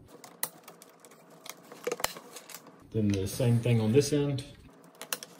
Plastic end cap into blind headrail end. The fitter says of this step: So I'll snap one in on this side.